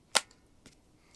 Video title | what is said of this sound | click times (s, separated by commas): Dingwall NG-2 Overview | Pops right in. | 0.2 s